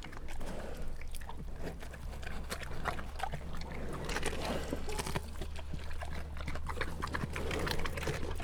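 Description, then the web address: Brown bear eating: steady wet chewing and crackling clicks over a constant low hum. Brown bears eating at Jászberény Zoo in 2016, recorded with the microphone in front of the bear's nose. "allathangok jaszberenyizoo 2016 professzionalis barnamedve esznekabarnamedvek orrukelottamikrofon"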